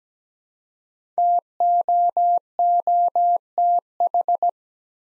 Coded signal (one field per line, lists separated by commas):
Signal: Morse code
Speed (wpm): 17 wpm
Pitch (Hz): 700 Hz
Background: none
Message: TOOTH